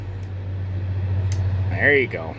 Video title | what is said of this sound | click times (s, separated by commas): 2014 F150 Brake Light Bulb Replacement | push it in till it clicks there | 1.3 s